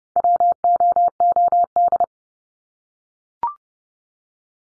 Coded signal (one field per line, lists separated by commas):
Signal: Morse code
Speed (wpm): 30 wpm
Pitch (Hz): 700 Hz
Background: none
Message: WOOD